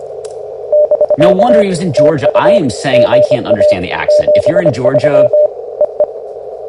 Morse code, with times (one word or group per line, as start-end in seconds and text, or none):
0.7-1.6 <BK>
2.0-2.6 TU
2.9-3.7 GA
4.1-5.5 73
5.8-6.0 EE